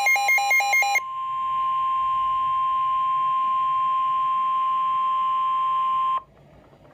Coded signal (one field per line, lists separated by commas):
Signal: Emergency Alert System (SAME) tones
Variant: 1050 Hz attention tone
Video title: How to Program a WR-120/WR-120EZ Weather Radio